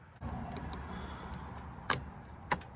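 A locking-style hose clamp is fastened on the blow-off valve hose of a 2002 Subaru WRX fitted with a new HKS blow-off valve. Two light taps come at about 0.6 s and 0.7 s, then two sharp metallic clicks at 1.9 s and 2.5 s as the clamp locks in place and is seated. No one talks.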